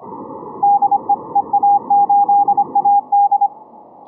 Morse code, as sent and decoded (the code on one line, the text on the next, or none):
-.. . / . .- ---.. .- -..
DE EA8AD